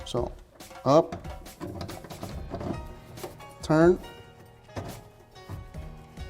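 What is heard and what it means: A garbage disposal unit is lifted up onto the sink strainer's mounting ring, just before it is turned to lock in place, while someone talks. Short thumps and bumps of contact are heard, including a sharp knock near 2.0 s and a longer bump near 3.4 s. The disposal has not yet locked or clicked into place.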